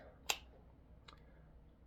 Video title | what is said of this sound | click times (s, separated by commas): CKF/Rotten Evo 3.0 | Just pulls it in tight right at the end. Snap sound. Feels good. Sounds good. | 0.3 s